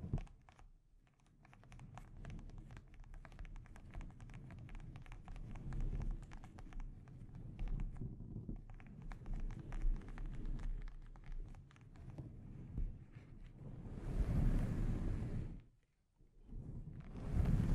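Soft, rapid microphone tapping and scratching fills the first twelve seconds, followed by two louder, hissing rubbing bursts near fourteen and seventeen seconds.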